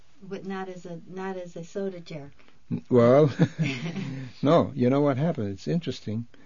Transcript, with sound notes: But not as a soda jerk.
Well... ( they laugh ) No. You know what happened? It's interesting.